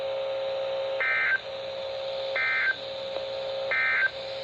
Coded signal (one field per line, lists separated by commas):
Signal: Emergency Alert System (SAME) tones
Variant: end-of-message bursts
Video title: SMW | EAS #956